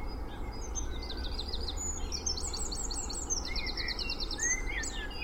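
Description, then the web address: Birds singing together, with a run of fast high trilled notes, a few whistled slurs and a bright upward whistle near the end, over constant traffic rumble. Spring dawn chorus recorded in Cheshire, UK, with distant traffic noise in the background. "beanstalk-audio Spring dawn chorus with distant traffic noise Cheshire UK"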